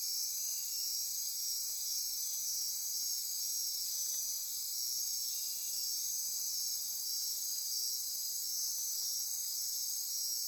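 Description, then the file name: Insects calling in chorus: unbroken, shrill, high buzzing and trilling layers that hold a steady level. Insect chorus recorded at midnight near Corcovado. "Wind-is-the-Original-Radio-Fridays 20240628 Andy-Martin Midnight-Insect-Chorus-Near-Corcovado"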